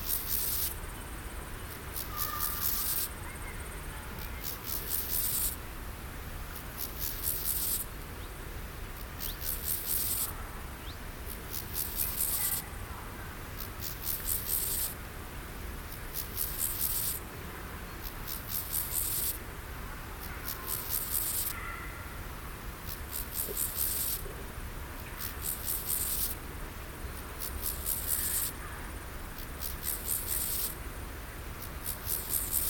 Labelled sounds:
Steppe Grasshopper stridulation

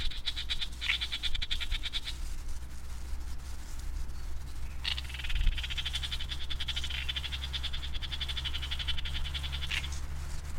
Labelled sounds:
Great Reed Warbler

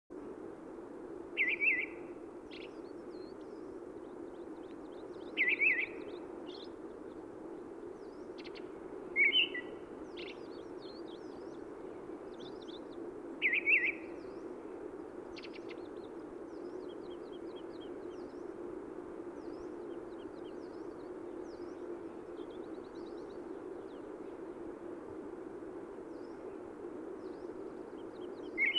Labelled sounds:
Red-throated Thrush song

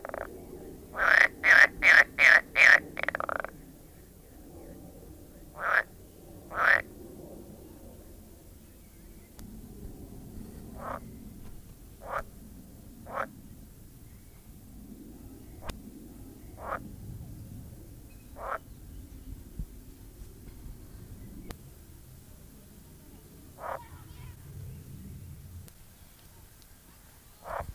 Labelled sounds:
Edible Frog

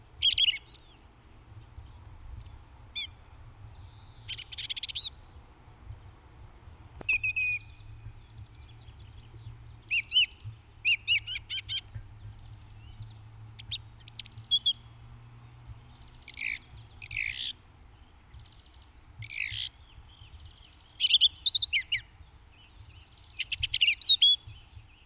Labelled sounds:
Song Thrush song

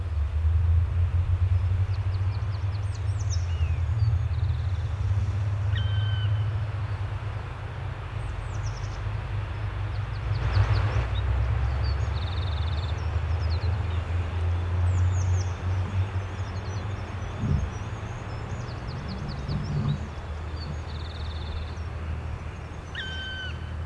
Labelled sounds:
Black Woodpecker call

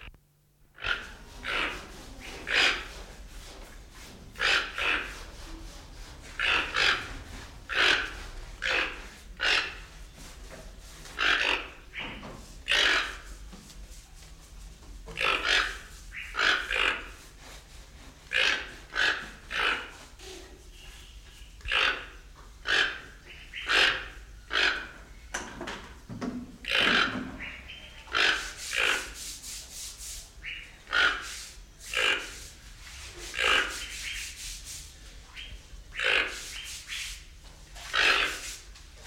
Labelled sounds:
Toco Toucan

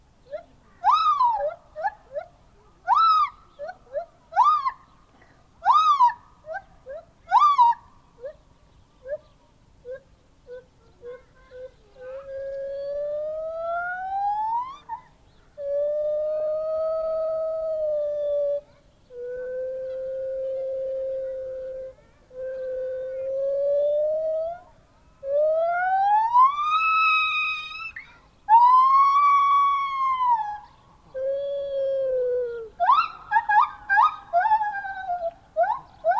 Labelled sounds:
Lar Gibbon

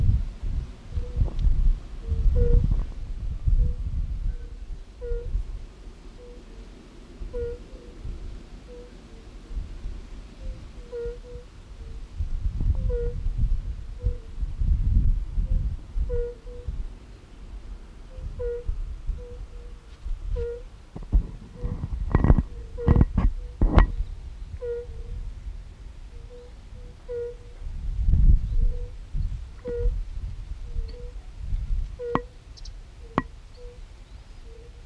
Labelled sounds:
Fire-Bellied Toad call

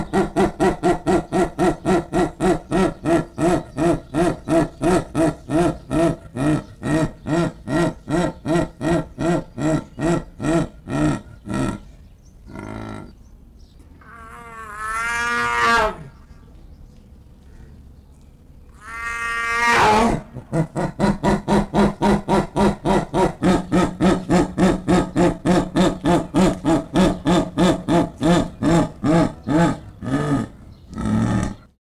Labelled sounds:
Jaguar

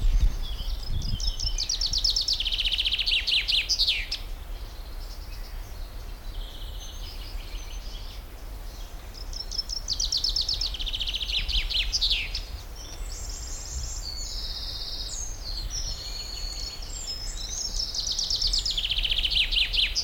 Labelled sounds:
Common Chaffinch song

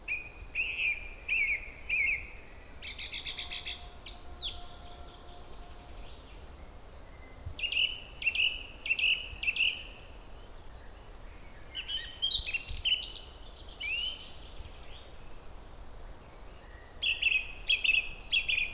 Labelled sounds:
Song Thrush

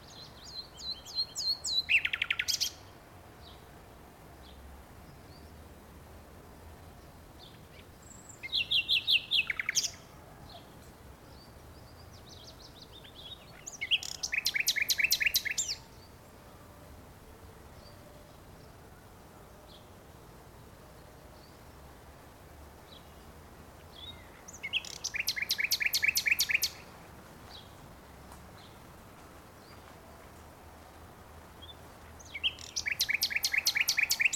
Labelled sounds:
Common Nightingale

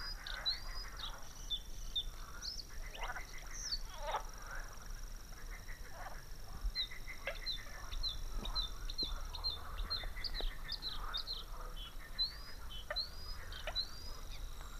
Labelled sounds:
Bluethroat song

